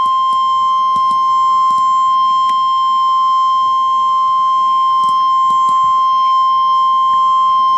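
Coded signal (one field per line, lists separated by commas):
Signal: Emergency Alert System (SAME) tones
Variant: 1050 Hz attention tone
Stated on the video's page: Severe thunderstorm warning EAS tones from NWS Little Rock, recorded from an online weather radio stream.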